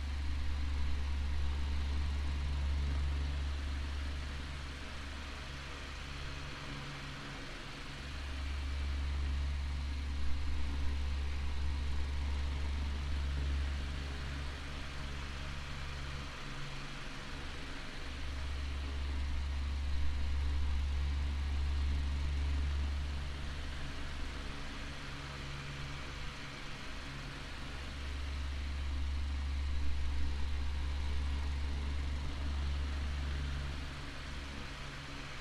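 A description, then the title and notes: An oscillating fan whirs steadily, its low hum swelling and fading in regular cycles roughly every eight to ten seconds as the head sweeps back and forth. A soft airy rush sits over the drone throughout, with no other sounds. Oscillating Fan Noise.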